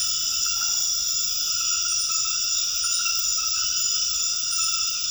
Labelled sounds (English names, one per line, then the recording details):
none
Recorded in dense forest near Puerto Asís, Putumayo, Colombia, on 8 March 2025 at 22:00
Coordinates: 0.484, -76.325
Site G045